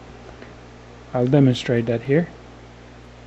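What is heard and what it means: A pistol's steel hammer is being handled before it is drawn partly back to engage the sear at the half-cock notch. Someone talks over quiet background noise. Nothing has clicked or seated into the half-cock notch yet.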